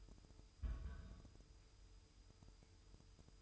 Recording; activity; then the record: daily activity, microphone in the room; place on stove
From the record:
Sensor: 2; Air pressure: 988.2 hPa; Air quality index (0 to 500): 190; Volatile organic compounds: 180 ppm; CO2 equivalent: 4144 ppm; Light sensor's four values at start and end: 21/71/28/27 and 21/71/28/27